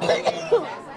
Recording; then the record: coughing mixed with background sound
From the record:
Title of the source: choking, hacking coughing